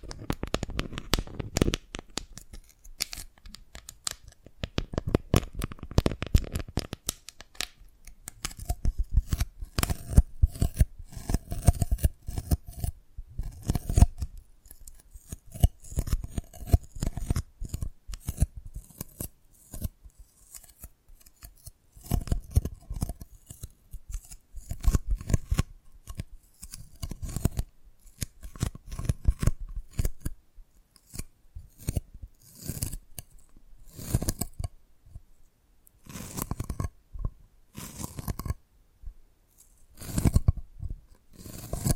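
Tapping and cracking on dalgona candy comes as a dense run of quick, sharp clicks and snaps, some bright and some with a low knock. Early on the taps crowd together; later they thin into short bursts separated by brief quiet gaps.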